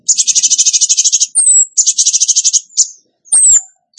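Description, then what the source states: Bird song of long, rapid, high buzzy trills, interrupted by thin descending whistles and a brief sharp note. Masteran training recording for birds, featuring song in the gacor tembakan style.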